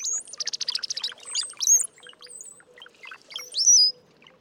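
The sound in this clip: Brown-headed cowbird song: a fast rattling burst of notes, then liquid gurgling phrases, ending in a loud, thin, rising whistle.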